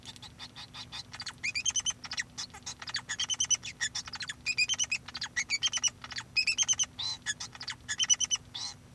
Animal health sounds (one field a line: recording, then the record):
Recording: song of a male Bengalese finch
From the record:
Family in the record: son of father 2